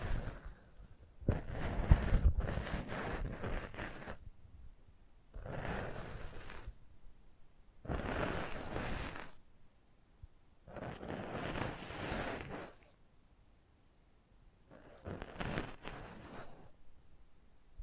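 Close-up ASMR mic treatment: soft rustling, scraping bursts about every two to three seconds, separated by near-silent pauses, with a brief zipper-like crackle early.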